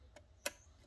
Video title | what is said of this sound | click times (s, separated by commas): Replacing the Bearing Bracket for Tilt Head KitchenAid Mixers | and these really just they just click right into place just like so very very easy | 0.5 s